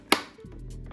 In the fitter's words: did y'all hear that pop? Really hear that pop?